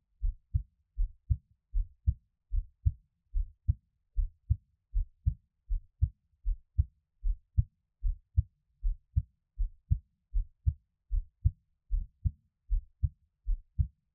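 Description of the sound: Steady paired low thumps, lub-dub, at about 77 beats a minute with an even rhythm and no talking or background noise. This is an adult's own heartbeat heard up close.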